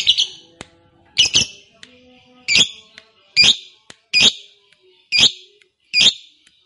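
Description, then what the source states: Lovebird repeating piercing shrill chirps about a second apart, a few doubled, against a quiet background. Fighter-type lovebird singing energetically (gacor).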